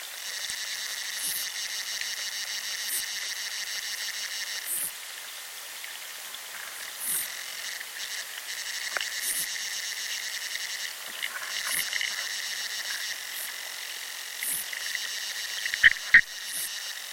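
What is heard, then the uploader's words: Underwater in a chalk river, a steady high trilling buzz pulses on and off in long bursts, with soft clicks and two sharp knocks near the end. The mysterious sounds of underwater life, here recorded in a chalk river in southern England.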